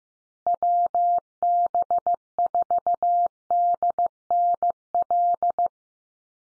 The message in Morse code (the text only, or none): WB4DNL